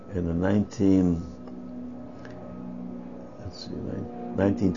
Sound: sound of airplane

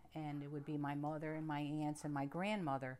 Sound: none

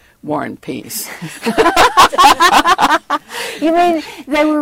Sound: laughs

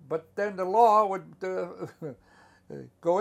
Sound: laughs

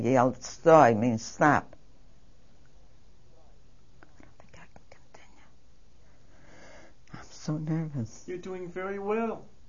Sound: she whispers

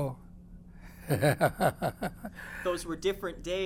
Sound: he laughs heartily

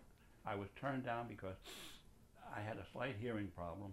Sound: sniffs

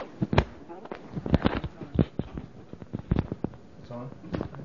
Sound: disturbance to the microphone

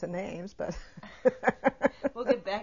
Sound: she laughs

